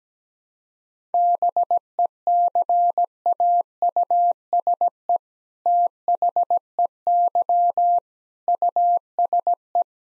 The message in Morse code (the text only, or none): BECAUSE THEY USE